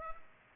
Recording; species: mosquito wingbeat signal from an infrared sensor; Culex pipiens